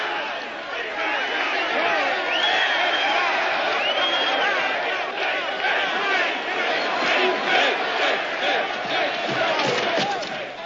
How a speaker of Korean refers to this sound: 관중들이 의자를 집어던지고 난동을 부립니다.